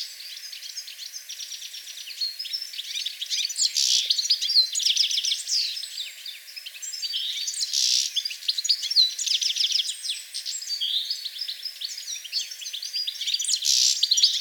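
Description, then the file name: European goldfinch giving a continuous, fast, tinkling twitter of high chirps and short buzzy trills, with louder flurries around four and eight seconds and at the end. "Carduelis carduelis"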